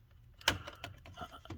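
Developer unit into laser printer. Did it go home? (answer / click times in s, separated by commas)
yes / 0.5 s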